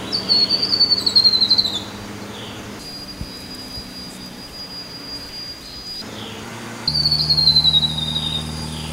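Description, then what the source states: Grey-throated babbler giving two high, descending trilled calls, separated by a long gap filled with steady background noise. Recorded 13 August 2009.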